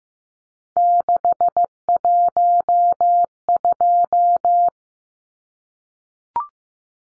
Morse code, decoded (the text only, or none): 612